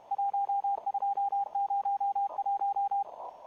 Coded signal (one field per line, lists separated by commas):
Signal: Morse code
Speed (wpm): 30 wpm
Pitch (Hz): 810 Hz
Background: radio noise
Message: 1201